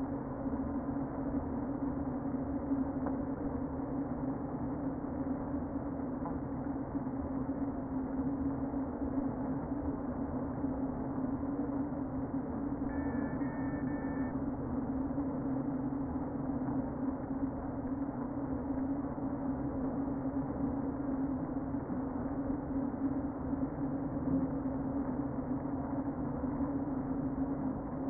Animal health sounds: honeybee colony, microphone inside the hive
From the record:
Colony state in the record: queen present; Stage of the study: before two queens were removed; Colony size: about 60,000 bees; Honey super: yes

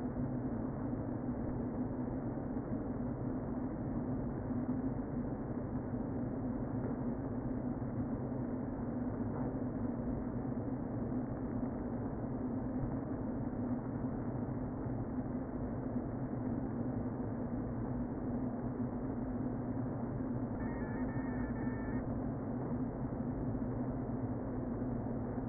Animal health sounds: honeybee colony, microphone inside the hive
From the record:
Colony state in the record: queen present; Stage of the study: before two queens were removed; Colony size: about 60,000 bees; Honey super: yes

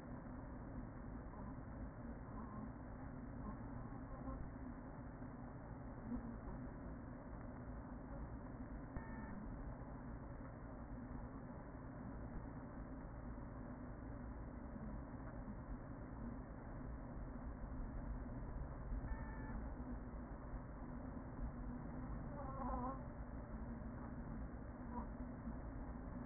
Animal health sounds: honeybee colony, microphone inside the hive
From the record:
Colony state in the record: queen present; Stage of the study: after two queens were removed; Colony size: about 40,000 bees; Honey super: no

